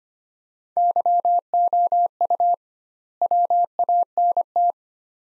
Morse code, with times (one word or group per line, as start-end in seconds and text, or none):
0.8-2.5 YOU
3.2-4.7 WANT